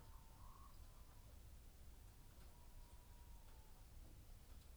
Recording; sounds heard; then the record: poultry house recording; healthy chickens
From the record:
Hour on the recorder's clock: 18